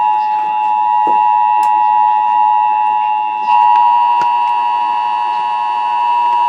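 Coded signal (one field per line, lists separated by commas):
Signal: Emergency Alert System (SAME) tones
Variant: 853 and 960 Hz attention tone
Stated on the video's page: National Periodic Test received on AM, FM and TV.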